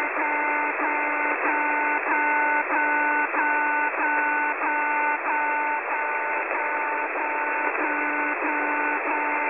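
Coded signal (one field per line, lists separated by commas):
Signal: channel marker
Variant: Russian military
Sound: steady chord of four tones over hiss, briefly interrupted about every 0.6 seconds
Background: radio static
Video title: Russia alarm channel marker 11/4/21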